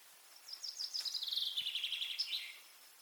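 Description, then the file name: Common chaffinch song: one rattling phrase of rapid notes, stepping down in pitch before closing with an emphatic terminal flourish. Faint background hiss throughout. "Fringilla coelebs"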